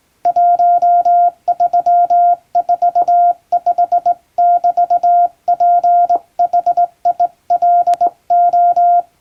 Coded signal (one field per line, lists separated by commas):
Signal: Morse code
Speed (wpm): 20 wpm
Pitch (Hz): 700 Hz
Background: none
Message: 1345<BT>PHILO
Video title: 船舶通信士の愛用品！名品日本無線JRCの電鍵で打つトンとツーの綺麗なハーモニー！欧文電報を打ってみました。受信練習にYouTubeの再生速度を設定して聞こう morse code practice